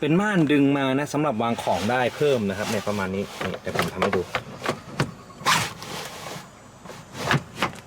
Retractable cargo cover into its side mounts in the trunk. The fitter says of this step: มักจะเข้าล็อคประมาณนี้นะครับนี่อย่างนี้เลยนะ